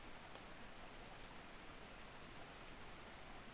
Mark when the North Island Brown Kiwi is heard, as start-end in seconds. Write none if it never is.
none